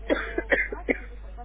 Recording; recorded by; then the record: voluntary cough; telephone call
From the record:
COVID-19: positive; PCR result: checked with the laboratory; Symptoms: yes